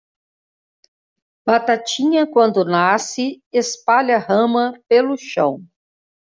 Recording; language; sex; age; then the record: short text; Brazilian Portuguese; female; 50 to 59 years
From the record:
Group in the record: control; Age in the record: 54 years